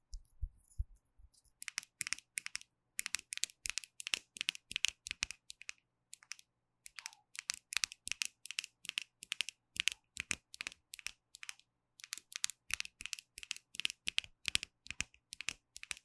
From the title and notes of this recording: ASMR 凝膠美甲用品觸發 | Gel Nails supplies Triggers | Tapping & Scratching | NoTalking. 手邊好多美甲用品可以使用，還有一些亮晶晶閃亮亮的拍照道具.